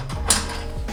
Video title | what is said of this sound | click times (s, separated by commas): B58 Chargepipe Installation (Kies Motorsports) | you should hear an audible click like you just heard and that means it is in place | 0.3 s